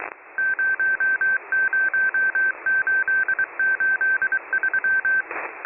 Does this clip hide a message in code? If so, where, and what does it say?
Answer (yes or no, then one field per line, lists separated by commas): yes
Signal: Morse code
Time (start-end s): 0.4-5.2 s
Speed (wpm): 23 wpm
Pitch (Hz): 1550 Hz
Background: none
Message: 00883